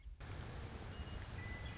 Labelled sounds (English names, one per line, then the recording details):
Western Meadowlark
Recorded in Sonoma County, California